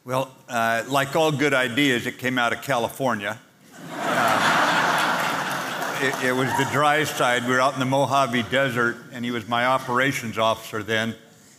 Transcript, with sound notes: Well, like all good ideas, it came out of California. (laughing) It was the dry side. We were out in the Mojave Desert, and he was my operations officer then.